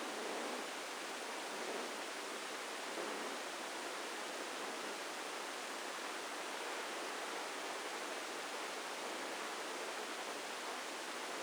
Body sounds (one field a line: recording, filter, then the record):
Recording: brain microelectrode recording played as sound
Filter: spike band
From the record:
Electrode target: subthalamic nucleus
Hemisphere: left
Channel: 1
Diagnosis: Parkinson's disease